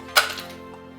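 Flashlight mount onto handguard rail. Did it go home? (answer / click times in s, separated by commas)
yes / 0.2 s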